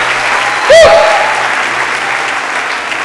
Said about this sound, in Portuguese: Você pode aplaudir, celebra, celebra, celebra, celebra.